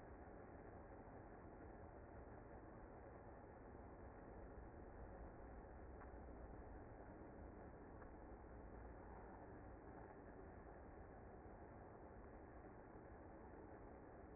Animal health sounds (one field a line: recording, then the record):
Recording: honeybee colony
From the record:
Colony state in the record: active